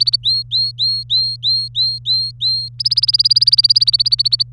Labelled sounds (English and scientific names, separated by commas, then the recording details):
Domestic Canary (Serinus canaria) song
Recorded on 24 April 2018 at 11:58
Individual llb3